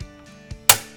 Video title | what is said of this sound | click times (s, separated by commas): Quick Tip: Installing an AK Trigger Retainer Plate | holding the trigger down pull the bolt back and release listen for that click on the disc connector | 0.7 s